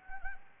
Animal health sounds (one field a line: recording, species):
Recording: mosquito wingbeat signal from an infrared sensor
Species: Anopheles gambiae